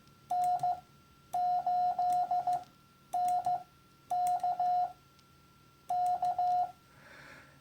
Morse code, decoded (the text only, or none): N8NK K